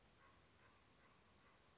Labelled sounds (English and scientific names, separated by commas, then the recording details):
Common Raven (Corvus corax)
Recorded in Sonoma County, California